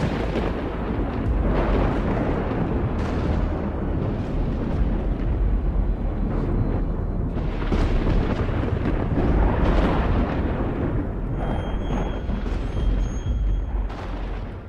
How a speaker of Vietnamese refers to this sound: Chỉ còn cách cái chết vài bước chân thì trên bầu trời một tia chớp lóe lên, kèm theo đó là tiếng sấm sét rền vang, khiến cho hai con khỉ khựng lại.